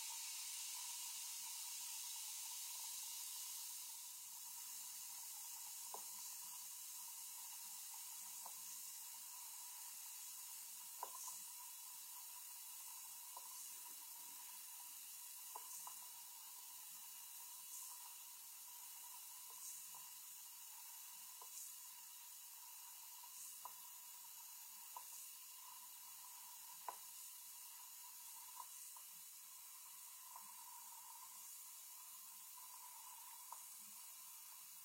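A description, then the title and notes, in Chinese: An everyday household sound: a steady, bright hiss like running water over a faint hum, with small clicks recurring every couple of seconds. 日常生活音触发。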